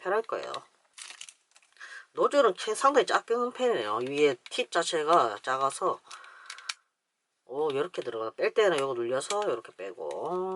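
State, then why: Seated. Someone talks while pushing the small plastic nozzle tip into the handle of a Panasonic oral irrigator (water flosser). A sharp click at 6.7 s, just after a softer tick at 6.5 s, marks the nozzle seating in place, and the talking continues afterward.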